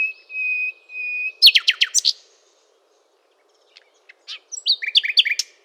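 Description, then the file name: Common nightingale song opening with two long, pure whistled notes, followed by a rapid trill of repeated notes, a pause, then a second quick chattering phrase. "Luscinia megarhynchos"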